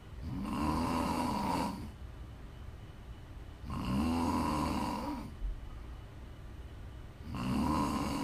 ASMR Snoring.